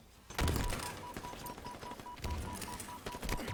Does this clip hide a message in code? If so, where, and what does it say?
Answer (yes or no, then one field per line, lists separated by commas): no